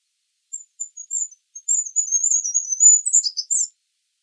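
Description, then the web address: Small bird twittering: very high, thin chirps start sparse, then run together into a fast jumbled stream before stopping. "birddata Deverinetal 2025"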